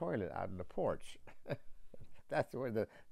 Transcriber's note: chuckles